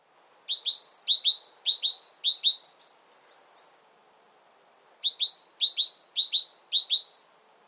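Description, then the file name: Great tit giving two runs of quick, bright, repeated double notes, each run about two seconds long, with a pause between. "Parus major"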